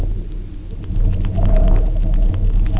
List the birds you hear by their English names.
none